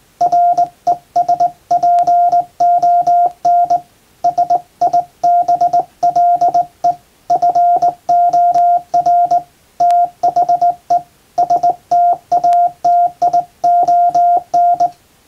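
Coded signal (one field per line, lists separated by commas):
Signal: Morse code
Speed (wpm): 20 wpm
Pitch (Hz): 700 Hz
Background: radio noise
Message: RESPONSIBLE FOR THE STATION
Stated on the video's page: Morse practice sending international-alphabet telegrams on a JRC KY-3A professional straight key formerly used on ship stations.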